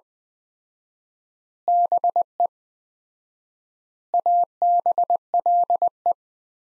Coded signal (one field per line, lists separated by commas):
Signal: Morse code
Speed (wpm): 20 wpm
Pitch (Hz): 700 Hz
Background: none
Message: BE ABLE